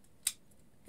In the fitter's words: it that way, and then clicks into place there.